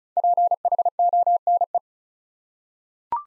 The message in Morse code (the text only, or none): PHONE